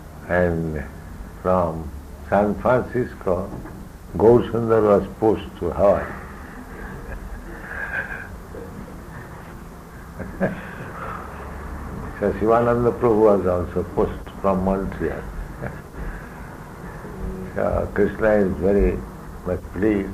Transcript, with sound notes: And from San Francisco, Gaurasundara was pushed to Hawaii. [chuckles] So Śivānanda Prabhu was also pushed from Montreal. So Kṛṣṇa is very much pleased.